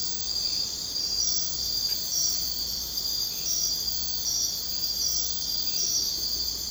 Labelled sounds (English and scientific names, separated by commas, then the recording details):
none
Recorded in secondary vegetation near Puerto Asís, Putumayo, Colombia, on 22 June 2025 at 01:30
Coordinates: 0.484, -76.319
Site G074